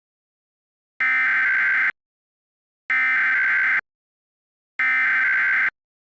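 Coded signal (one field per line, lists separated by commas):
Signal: Emergency Alert System (SAME) tones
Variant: header bursts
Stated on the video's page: Fictional EAS scenario, a simulated alert rather than a real broadcast.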